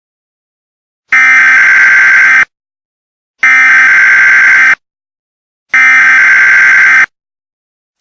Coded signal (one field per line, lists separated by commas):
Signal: Emergency Alert System (SAME) tones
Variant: header bursts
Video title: Another eas mock